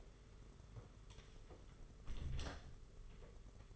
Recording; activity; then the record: daily activity, microphone in the room; close door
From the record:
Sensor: 4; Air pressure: 992.4 hPa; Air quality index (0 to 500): 113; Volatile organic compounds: 21 ppm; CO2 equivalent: 2734 ppm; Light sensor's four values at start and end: 20/71/26/27 and 21/74/27/28